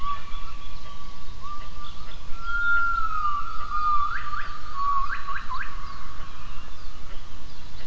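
Gibbon call: a long, smooth, wavering whistled note, then a run of quick rising swoops near its end, over a steady low rumbling background noise.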